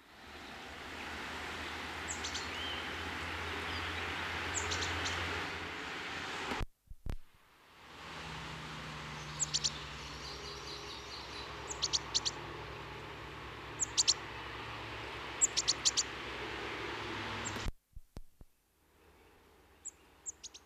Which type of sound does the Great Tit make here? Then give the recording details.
call. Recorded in the wild. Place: Michelstadt, OT Vielbrunn, Hessen, DE. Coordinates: 49.7139, 9.09778. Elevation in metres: 432. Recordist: Tretzel, Erwin. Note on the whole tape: Aufnahmedatum unbekannt, vermutlich Frühjahr 1976, Gesundheitsbrunnen, Vielbrunn, Michelstadt: Rufe "s pink" und "pink tr"